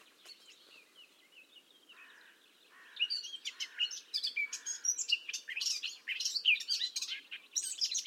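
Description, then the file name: Eurasian blackcap song: quiet at first, then a loud rapid warble of varied chirps and whistles, over a few low soft notes. "Sylvia atricapilla"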